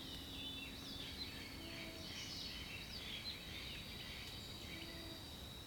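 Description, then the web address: Several birds call together with quick, varied chirps and short rising notes, plus a few soft low hoots, over a constant insect whine and hiss. Jungle birdsong. "Nature Songs Nature Sounds The Natural Sounds of the Wilderness 10 CDs collection Echoes of Nature - Jungle Talk 01 Jungle Birdsong"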